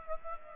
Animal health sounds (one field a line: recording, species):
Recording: mosquito wingbeat signal from an infrared sensor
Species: Aedes aegypti